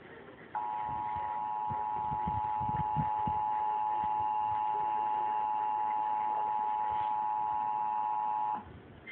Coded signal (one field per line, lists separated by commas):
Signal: Emergency Alert System (SAME) tones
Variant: 853 and 960 Hz attention tone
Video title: Suddenlink EAS Alert (Real) in College Station